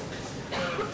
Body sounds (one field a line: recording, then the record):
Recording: coughing mixed with background sound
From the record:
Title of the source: Barking cough - # 10